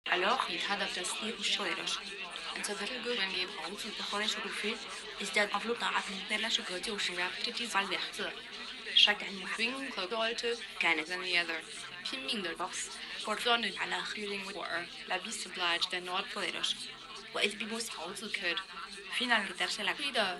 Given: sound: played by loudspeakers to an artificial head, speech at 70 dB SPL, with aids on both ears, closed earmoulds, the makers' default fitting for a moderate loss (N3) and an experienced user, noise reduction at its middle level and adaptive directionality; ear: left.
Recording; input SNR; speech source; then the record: speech test signal (ISTS) in cocktail-party noise; +3 dB; in front (0 degrees)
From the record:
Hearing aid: class 1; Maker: E